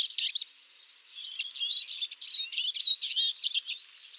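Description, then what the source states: Eurasian siskin calls: bright, high twittering chirps and short wheezy notes in quick irregular bursts, with a brief pause near the start. Several birds calling during a late-winter migratory stopover, before moving on to breeding sites in northern Europe.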